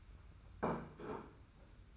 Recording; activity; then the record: daily activity, microphone in the room; place plate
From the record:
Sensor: 2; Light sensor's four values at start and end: 26/82/32/30 and 26/82/32/30